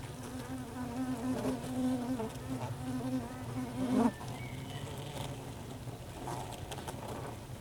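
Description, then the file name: Honey bees humming inside a hive, a steady low drone with a brighter buzzing band that swells for a few seconds, then gives way to a softer even hum. Recorded inside a beehive. "Ruche Interieur"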